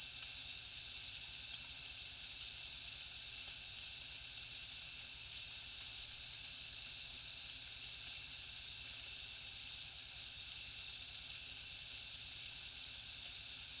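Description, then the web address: Crickets in a massed chorus give a shrill, rhythmic pulsing trill, steady throughout. Heavy cricket chorus in a jungle at night. "papadroid sound Nature Jungle Night Heavy Crickets"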